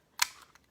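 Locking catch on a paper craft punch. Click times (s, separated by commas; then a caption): 0.2 s. The small locking catch on a handheld paper craft punch is released so the punch can be opened, giving a sharp, bright click at 0.2 s. Two much fainter ticks follow at about 0.6 s, and the catch ends up released.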